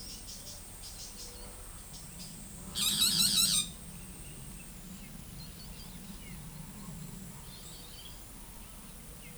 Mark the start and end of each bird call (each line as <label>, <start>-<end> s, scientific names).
Megarynchus pitangua, 2.79-3.69 s